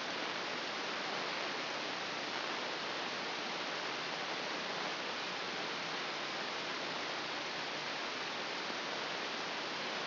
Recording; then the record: brain microelectrode recording played as sound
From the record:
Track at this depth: inside the subthalamic nucleus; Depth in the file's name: 1.738 mm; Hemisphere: left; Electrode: 3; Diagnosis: Parkinson's disease